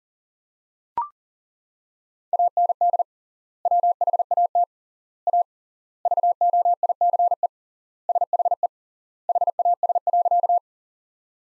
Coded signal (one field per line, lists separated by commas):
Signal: Morse code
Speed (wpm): 37 wpm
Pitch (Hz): 700 Hz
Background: none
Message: AND WHAT A VOICE SHE HAS.